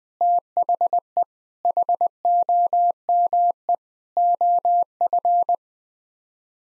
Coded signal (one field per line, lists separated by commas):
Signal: Morse code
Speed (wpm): 20 wpm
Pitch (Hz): 700 Hz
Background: none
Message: THE HOME OF